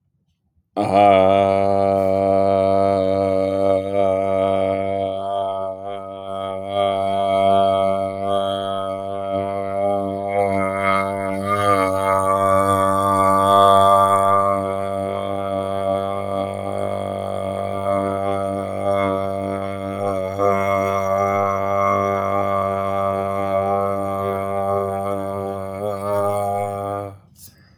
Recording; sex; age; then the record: vowel held as long as possible; male; 30 to 39 years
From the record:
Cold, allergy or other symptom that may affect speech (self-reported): no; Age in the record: 35 years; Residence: Pennsylvania, United States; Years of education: 16